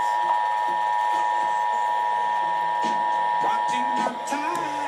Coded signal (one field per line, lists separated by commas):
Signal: Emergency Alert System (SAME) tones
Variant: 853 and 960 Hz attention tone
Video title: VISIBLE FRUSTRATION... EAS Alerts from 2/17/22 (EAS 7376-7391)